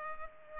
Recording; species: mosquito wingbeat signal from an infrared sensor; Culex pipiens